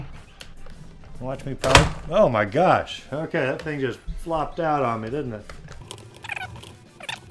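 A plastic pizza piece is handled and pushed down toward the roof launcher of a Mutant Mayhem (TMNT 2023) Pizza Fire Delivery Van toy while someone talks, with a few sharp plastic taps and knocks. The piece has not popped into place yet, and nothing has seated or clicked by the end.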